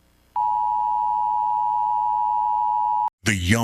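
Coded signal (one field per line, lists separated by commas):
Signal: Emergency Alert System (SAME) tones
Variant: 853 and 960 Hz attention tone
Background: speech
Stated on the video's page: Fictional EAS scenario themed on The Powerpuff Girls.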